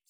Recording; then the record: hydrophone in a shrimp aquaculture tank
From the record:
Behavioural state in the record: feeding